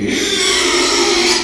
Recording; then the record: squeal of a Yucatan mini pig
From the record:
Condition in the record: after surgery on the right vocal fold (resection and tissue-engineered implant); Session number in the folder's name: 2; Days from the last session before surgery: 13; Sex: male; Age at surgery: 12 weeks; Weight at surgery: 13 kg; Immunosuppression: cyclosporine, prednisolone